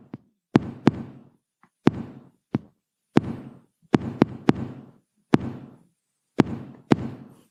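Sharp knocking beats, about 11 in 7.5 seconds (roughly 90 a minute), land at completely uneven intervals, some close together, others after long pauses. This imitates atrial fibrillation, a totally irregular and disordered rhythm. From the chaotic, disordered impulses of the atria, the AV node lets through only an occasional beat.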